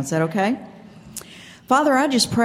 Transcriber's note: note—There are sound distractions in the room